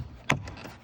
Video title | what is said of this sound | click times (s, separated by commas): 2017 Honda CR-V 1.5l Turbo Cabin Air Filter Replacement | it should lock into place like so. | 0.3 s